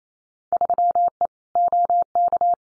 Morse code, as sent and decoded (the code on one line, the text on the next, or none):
...-- . / --- -.-
3E OK